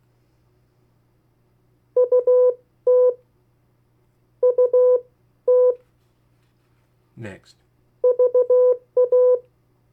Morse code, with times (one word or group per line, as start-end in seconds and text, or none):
2.0-3.1 UT
4.4-5.7 UT
8.0-9.4 VA